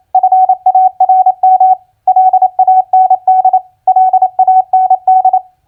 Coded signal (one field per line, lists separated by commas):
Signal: Morse code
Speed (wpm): 28 wpm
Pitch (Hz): 750 Hz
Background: none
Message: FARM LAND LAND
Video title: Morse Code Practice Word Recognition FARM-LAND-CROP 28wpm